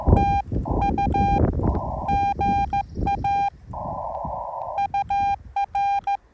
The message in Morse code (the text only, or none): TU GA UR